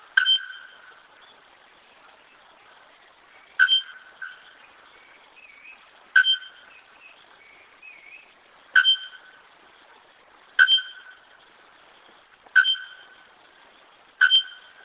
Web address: araponga canto